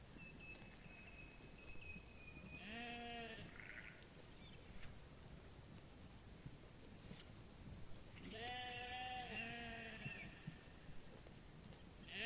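Sheep bleating twice, two wavering bleats several seconds apart, the second longer, with a thin steady whistle before the first and soft background noise.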